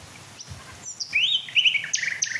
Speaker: Oh, das schöne Schluchzen. Lauschen wir doch noch ein paar Minuten Herrn Nachtigall.